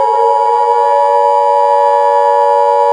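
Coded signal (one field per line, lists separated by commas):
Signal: Emergency Alert System (SAME) tones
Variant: 853 and 960 Hz attention tone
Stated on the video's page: Fictional EAS scenario, not a real alert.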